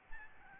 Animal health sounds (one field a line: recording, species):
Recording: mosquito wingbeat signal from an infrared sensor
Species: Aedes albopictus